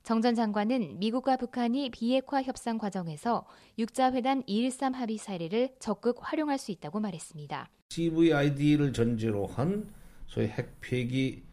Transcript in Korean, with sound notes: 정전 장관은 미국과 북한이 비핵화 협상 과정에서 6자회담 2.13합의를 사례로 적극 활용할 수 있다고 말했습니다. [녹취: 정세현 전 장관] “CVID를 전제로 한 소위 핵 폐기,